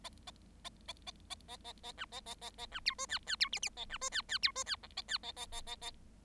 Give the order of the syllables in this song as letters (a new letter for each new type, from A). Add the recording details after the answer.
A A A A A A A B A A A A B C D E E C F F A B D E E C D E G A E A A A A A. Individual Bird7